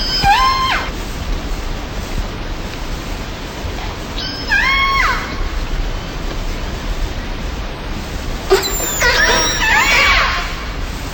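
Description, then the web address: Orca calls, a few sweeping harmonic squeals spaced several seconds apart, ending in a burst of rapid overlapping calls and whistles over steady hiss. Orcas recorded in Antarctica. "Antarctia orka Orca sounds"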